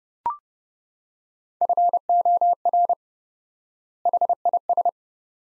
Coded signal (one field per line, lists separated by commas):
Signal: Morse code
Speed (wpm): 30 wpm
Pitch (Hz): 700 Hz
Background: none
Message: FOR HIS